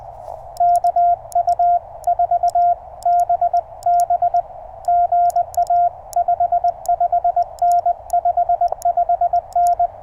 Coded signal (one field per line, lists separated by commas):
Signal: Morse code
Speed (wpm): 20 wpm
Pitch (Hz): 700 Hz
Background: radio noise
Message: KU4BB GA 55N 55N